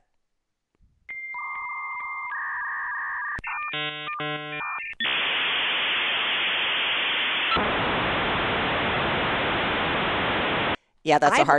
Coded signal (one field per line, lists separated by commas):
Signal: dial-up modem handshake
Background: speech